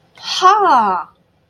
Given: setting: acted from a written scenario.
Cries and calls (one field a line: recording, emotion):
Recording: vocal sound without words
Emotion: realization